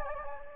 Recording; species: mosquito wingbeat signal from an infrared sensor; Anopheles gambiae